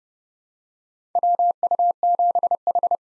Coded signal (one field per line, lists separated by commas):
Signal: Morse code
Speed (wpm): 30 wpm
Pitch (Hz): 700 Hz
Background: none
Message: WU7H